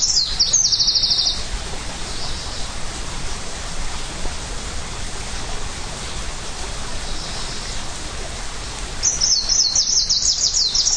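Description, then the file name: Greenish warbler song: two high, fast jingling phrases, one at the start and one near the end, separated by about eight seconds of steady background hiss. Recorded in Hilchenbach, Germany. "Gruenlaubsaenger Hilchenbach LS -M-Frede"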